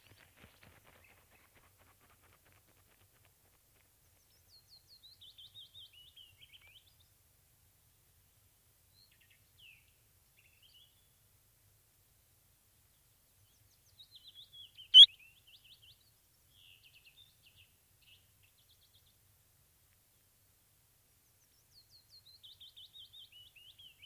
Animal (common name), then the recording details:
Willow Warbler. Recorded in the wild. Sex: pair. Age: adult. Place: Spitzberg, Tübingen, Baden-Württemberg, DE. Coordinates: 48.5167, 9.01667. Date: 1968-05-09. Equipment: Kapselmikrophon, LGS26. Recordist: Schneider, Hans-Joachim